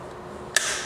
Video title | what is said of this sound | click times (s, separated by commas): 😍 GAMPANG!! Demo masak NASI KUNING AYAM GORENG TULNG LUNAK by Tupperware PRESSURE COOKER & WOK PAN | kita putar sampai dia dapet klik | 0.6 s